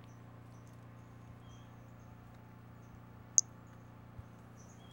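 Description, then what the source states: Pumpkin toadlet gives a single sharp, high chirp, surrounded by faint short high notes and a steady low background hum. Recorded 5 February 2016.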